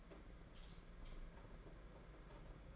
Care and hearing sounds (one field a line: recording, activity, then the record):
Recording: daily activity, microphone in the room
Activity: light on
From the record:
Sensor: 5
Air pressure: 992.1 hPa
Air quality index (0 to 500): 201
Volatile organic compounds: 1000 ppm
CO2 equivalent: 5789 ppm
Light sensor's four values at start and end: 8/19/7/8 and 8/19/7/8